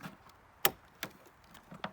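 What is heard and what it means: An electrical wiring connector is pushed into the rear tail light unit of an ST150 during a fix for leaking tail lights, and it seats with a sharp click at 0.7 s. Two fainter knocks follow at about 1.0 s and 1.8 s, and the connector is confirmed fully clicked in.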